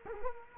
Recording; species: mosquito wingbeat signal from an infrared sensor; Culex quinquefasciatus